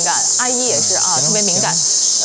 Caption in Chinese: 这夏天 知了来了，蝉鸣声，蝉鸣声。 这个真的是我们专业当中会经常出现的一种啸叫声啊。 那这也可能在我们的主动性耳鸣当中出现。